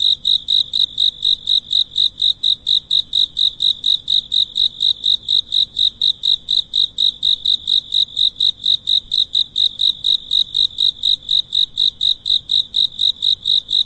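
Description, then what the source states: Cicada calling: a steady, high-pitched train of sharp pulses, about two per second, continuing evenly throughout with no other sounds. Rustling sound at night.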